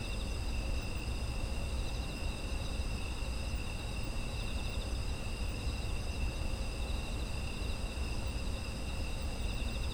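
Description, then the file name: Insects in continuous chorus, multiple high buzzing trills sustained evenly from start to end, backed by low steady noise. Autumn insect ambience. "秋の虫の環境音"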